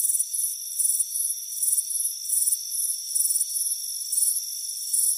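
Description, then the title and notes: Crickets chirp in short high bursts, roughly two per second, above a continuous shrill buzzing background. Crickets chirping on a warm afternoon on a front porch. "Soothing Crickets Chirping Sound. It's a warm afternoon as you relax in a hammock on the front porch. Relax and fall asleep to the soothing sound of chirping crickets. Deep Sleep Sounds"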